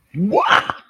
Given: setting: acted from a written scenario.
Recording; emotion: vocal sound without words; anger